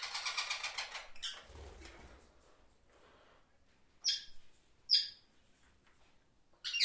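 Parrot giving a few short harsh squawks, two close together in midway and one at the end, after an opening stretch of hissing noise and low rumble.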